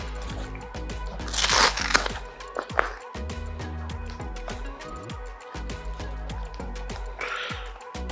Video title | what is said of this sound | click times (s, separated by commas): 2 ACCESSOIRES INDISPENSABLES POUR META QUEST 3 | hop voilà c'estéclipsé dessus donc vous voyez là on a les petits events | 2.8 s